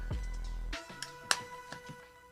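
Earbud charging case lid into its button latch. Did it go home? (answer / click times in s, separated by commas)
yes / 1.3 s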